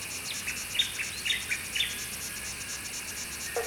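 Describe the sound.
Squeaker frogs giving quick high chirps, several in a burst over about a second, against a constant rapid ticking insect chorus.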